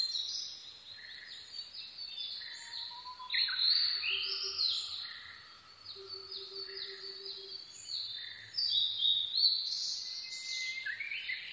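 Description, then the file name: Blue-and-white flycatcher singing varied high whistled phrases in several bursts, plus softer short notes and faint low sounds. Recorded 22 May 2011 at 04:34. "ooruri-20110522-0434"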